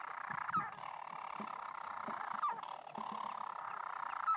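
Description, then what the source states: Storm petrel song: a steady buzzing purr running throughout, broken by brief hiccup notes roughly every two seconds. Singing at night from nests in the stone walls of the broch on Mousa, Shetland, overcast; many birds flying around; possibly anticipating a mate's return.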